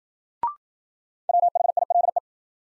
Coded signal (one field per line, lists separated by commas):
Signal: Morse code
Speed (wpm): 54 wpm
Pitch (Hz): 700 Hz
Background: none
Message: WHILE